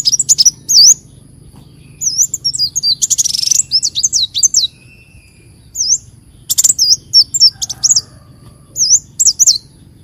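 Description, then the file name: Leafbird song: bursts of high, twisting whistled notes and chirps, separated by short silences. "Tieng chim xanh tim"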